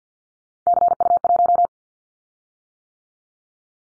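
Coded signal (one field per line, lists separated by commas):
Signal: Morse code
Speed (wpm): 50 wpm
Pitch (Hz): 700 Hz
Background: none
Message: CU1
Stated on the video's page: Callsign prefixes of the top 100 DXCC entities sent at 50 wpm as a head-copy drill; each prefix is sent, spoken, then sent again.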